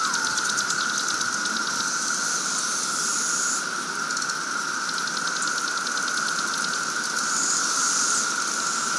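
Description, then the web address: Cicadas drone steadily in a massed chorus, with rapid pulsed bursts above in spells and a short falling note at the very start. Cicadas at Sangchris Lake. "The Psychologically Ultimate 220 Year Cicada Bloom. Sangchris Lake Cicadas"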